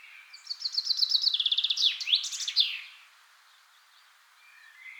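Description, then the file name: Common Chaffinch song: a descending series of rapid notes ending in a flourish, followed by quiet with a faint bird note. "Fringilla coelebs"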